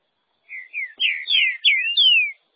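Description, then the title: Green-winged saltator singing a full phrase of six to seven rich, connected whistles that slide down and up, loud and clear. "Trinca Ferro"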